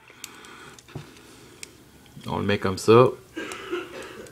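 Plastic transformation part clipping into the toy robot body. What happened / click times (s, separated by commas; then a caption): Plastic part handled, not yet clipped home / none. A plastic transformation part is handled on a plastic transforming robot figure to be clipped into the robot body, with faint clicks and ticks of plastic handling early on and someone talking near the end. Nothing has seated or clicked into place yet.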